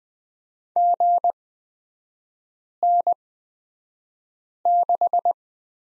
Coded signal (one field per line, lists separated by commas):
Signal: Morse code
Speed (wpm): 20 wpm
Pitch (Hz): 700 Hz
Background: none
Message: GN6